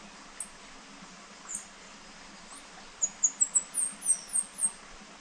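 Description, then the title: Bird giving very high, thin, clipped notes, a few isolated at first, then a rapid run of about eight sharp chirps in the last two seconds. "LuckyPassaro Completos2Sama"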